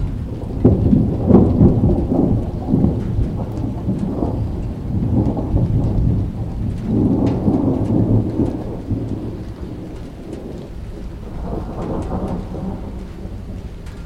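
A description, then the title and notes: A thunderstorm rumbles on and on, with deep rolling thunder swelling around the first, seventh and twelfth seconds and easing between. Steady rain fills the background throughout, and faint scattered ticks of drops show higher up. A soundscape of thunderstorm recordings from the Music for Sleep project, including.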